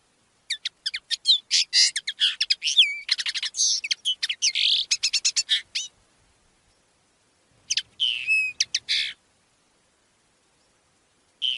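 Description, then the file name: Common linnet singing a long rapid twitter of varied high notes and nasal trills, a pause, then a shorter twittering burst, followed by quiet and the start of another burst. "CANTO DEL PARDILLO"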